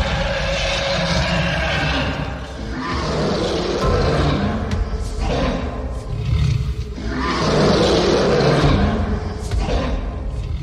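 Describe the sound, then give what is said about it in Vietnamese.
A massive, earth-shaking dragon roar from the Cửu Lão Tiên Đồ Ấn seal, deep and sustained, rising in two long waves of growling intensity with heavy low-end thuds and no speech. “Cửu lão tiên đồ ấn đang phiêu phù ở trên đầu của Bạch Tử Cống, vang lên một tiếng rồng gầm đến kinh thiên động địa.”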